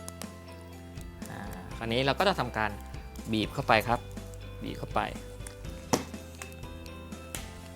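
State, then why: Seated. After gluing in a new cable, the two plastic halves of a MacBook Pro MagSafe charger's power-brick housing are squeezed together by hand while someone talks over background music. Sharp plastic snaps at 5.9 s and 7.4 s mark the halves locking shut, and the housing is seated.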